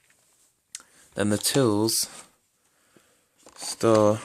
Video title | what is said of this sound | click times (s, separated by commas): Brand new 1990 Electrolux Dolphin Z2210 Unboxing | in at the bottom and then clicks in like that. | 0.8 s